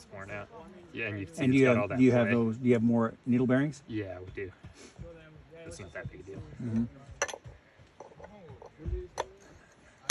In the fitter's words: And you hear that click?